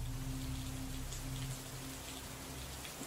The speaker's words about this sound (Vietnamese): Chưa đầy 15 nhịp thở đã kéo theo trận mưa lạnh và buồn bã. Làng Vũ Hạ chìm vào một cơn mưa lớn, ẩm ướt và quạnh hiu. Cơn mưa trắng xóa nhút trọn cả ngôi làng. Mưa trắng trời, mưa vũ vã, mưa giằng xé từng cơn.